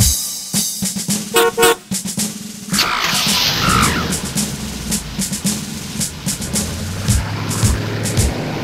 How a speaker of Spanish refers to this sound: Mi auto tiene una bocina. Me parece divertida.